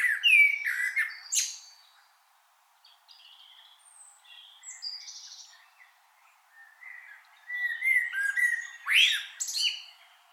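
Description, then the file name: Common blackbird opening with a loud mellow phrase and squeaky ending, then quiet scattered notes, and finally another fluted phrase closing in a harsh high twitter. "Turdus merula"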